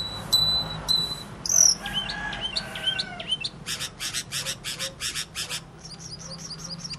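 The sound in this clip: Bird song opening with thin whistles and chirps, then a run of rhythmic harsh rasping bursts, ending with soft high twitters.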